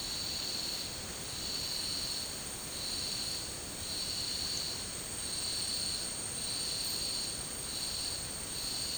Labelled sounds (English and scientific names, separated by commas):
none